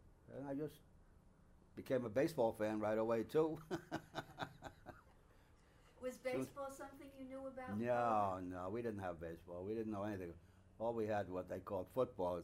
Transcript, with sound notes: And I just became a baseball fan right away, too (he laughs)
Was baseball something you knew about...?
No, no. We didn't have baseball. We didn't know anything. All we had was what they called football.